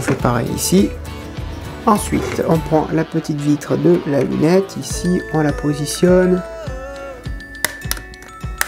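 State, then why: Seated. A small clear plastic rear window is positioned in the cabin rear wall of a scale model Bugatti Veyron 16.4 Super Sport and pressed until it clips into the frame. Someone talks over background music, then sharp clicks come at 7.7, 7.9 and 8.6 seconds. The window is seated and clipped in place.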